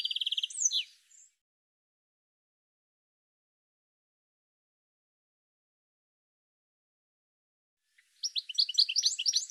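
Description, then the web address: Bird chatter: a high phrase with a rapid trill and downslurred notes, a long silence, then another fast run of sharp high notes begins. "cianscape birddata Deverinetal 2025 File cleaned normalized Bird"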